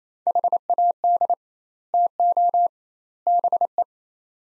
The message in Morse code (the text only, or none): HAD TO BE